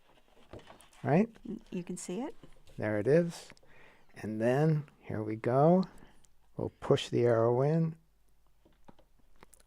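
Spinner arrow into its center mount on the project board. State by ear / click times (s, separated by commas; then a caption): seated / 9.5 s. Someone talks while pushing the arrow of a small craft spinner into its center mount on the project board. After the talking stops, faint handling taps lead to a sharp click at 9.5 seconds as the arrow snaps into place and seats.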